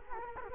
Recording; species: mosquito wingbeat signal from an infrared sensor; Culex quinquefasciatus